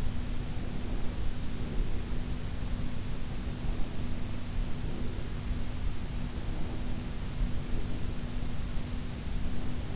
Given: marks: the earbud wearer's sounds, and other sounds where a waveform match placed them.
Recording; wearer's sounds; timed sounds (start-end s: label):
sounds in sleep by an in-ear microphone; breath
0.00-1.99 s: breath
3.61-5.99 s: breath
6.25-8.40 s: breath